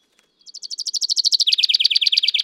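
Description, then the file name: Common chaffinch song: a quick run of bright, repeated notes that steps down in pitch, still going when the recording cuts off. "Fringilla coelebs"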